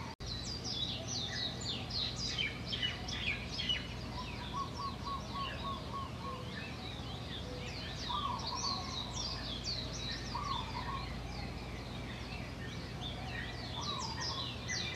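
Bird song from a balcony on Maui: many birds chirp and trill at once, dense and overlapping throughout. Bright quick calls fill the upper range, while a lower repeated warble recurs around 4–5, 8 and 10–12 seconds over a steady low hum.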